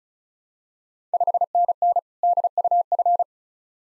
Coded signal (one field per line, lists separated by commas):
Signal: Morse code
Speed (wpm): 36 wpm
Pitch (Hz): 700 Hz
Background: none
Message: 5NN DUF